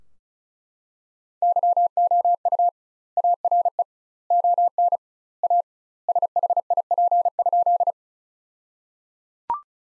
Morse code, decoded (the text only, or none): YOU ARE ON A SHIP?